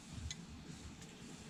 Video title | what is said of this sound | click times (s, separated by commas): BMW N55 Fuel Injector Removal Full Walkthrough 2010-2017 535i F10 | Once you hear them pop out, which is what I believe I just heard, | 0.3 s